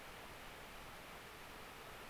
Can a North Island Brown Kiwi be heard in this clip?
no